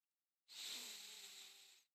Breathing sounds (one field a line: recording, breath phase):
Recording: one breath near a microphone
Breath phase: inhalation